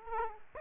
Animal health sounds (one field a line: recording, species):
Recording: mosquito wingbeat signal from an infrared sensor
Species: Aedes aegypti